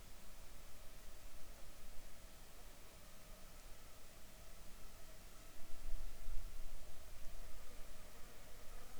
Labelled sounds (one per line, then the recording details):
insects
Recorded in the Arctic National Wildlife Refuge, Alaska, on 7 July 2019 at 19:02
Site 41